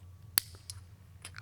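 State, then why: Seated. A metal retainer ring is pushed down over the body of a rear coil shock on a Sur Ron X while fitting the coil spring, and it clicks into place at 0.4 s with a sharp, bright metallic snap. Fainter ticks follow near 0.7 s and 1.25 s over a steady low hum. The ring is seated and the spring then sits on it.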